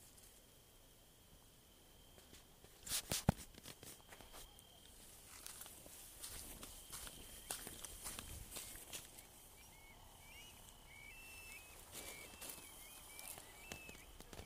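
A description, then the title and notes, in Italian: Crickets keep up a thin, steady high tone through the whole recording, over a bed of scattered dry clicks and crackles. A quick burst of sharp knocks and rustles comes around the third second, and from about ten seconds on, short rising chirps repeat every second or so. Suoni #Animali #Grilli #Mare.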